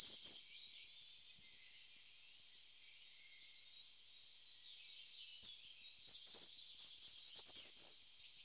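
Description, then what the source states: Short-toed treecreeper song: a brief high phrase at the start, then faint soft notes, then a fuller series of sharp high notes. Recorded in Germany, Austria or Switzerland.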